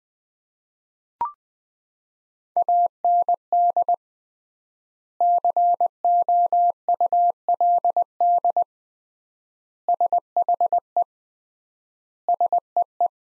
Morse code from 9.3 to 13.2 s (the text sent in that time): SHE SEE